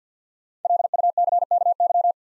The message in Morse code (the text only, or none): LUCKY